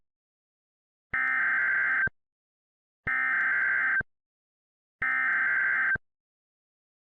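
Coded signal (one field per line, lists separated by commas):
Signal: Emergency Alert System (SAME) tones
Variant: header bursts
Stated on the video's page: Fictional EAS scenario about nuclear sabotage.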